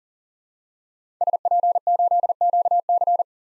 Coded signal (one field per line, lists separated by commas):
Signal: Morse code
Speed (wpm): 40 wpm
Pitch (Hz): 700 Hz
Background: none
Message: SP8QC